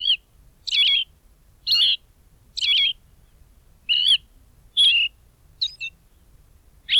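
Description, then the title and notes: Austral thrush singing spaced, melodious warbled notes, each a brief looping whistle, roughly one per second, against a quiet background. Bahía Blanca area; song described as melodious and spaced. "Museo de Ciencias de Bahía Blanca. Zorzal Patagónico (Turdus falcklandii)"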